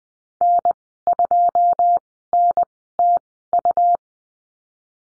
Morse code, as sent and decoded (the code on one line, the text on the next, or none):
-. ..--- -. - ..-
N2NTU